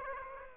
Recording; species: mosquito wingbeat signal from an infrared sensor; Aedes aegypti